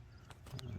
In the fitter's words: Once you have that lined up and in, you'll push it back in, and you'll hear an audible snap.